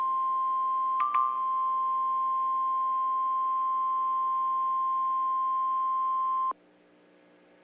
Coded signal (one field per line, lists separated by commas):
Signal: Emergency Alert System (SAME) tones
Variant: 1050 Hz attention tone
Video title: Emergency Alerts Around the World (Sound Warning)